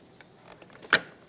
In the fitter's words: You want to make sure you press it in until you hear a click.